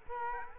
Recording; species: mosquito wingbeat signal from an infrared sensor; Culex quinquefasciatus